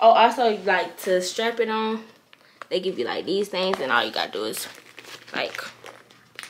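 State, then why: Seated. Someone talks while pressing the small clip on the end of a handbag strap into its fitting on the bag to attach the strap. After some faint handling rustles, the clip clicks in at 6.4 seconds and the strap is seated.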